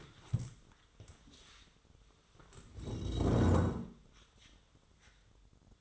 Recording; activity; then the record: daily activity, microphone in the room; stand up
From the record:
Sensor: 3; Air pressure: 1005.4 hPa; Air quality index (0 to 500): 96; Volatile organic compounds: 3 ppm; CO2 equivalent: 1506 ppm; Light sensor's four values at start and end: 10/22/9/9 and 9/19/8/8